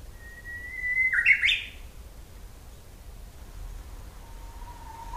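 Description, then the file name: Japanese bush warbler giving a drawn-out whistle that snaps into a rising, twisting flourish, then beginning another long whistle near the end. Recorded 16 April 2007. "uguisu 070416"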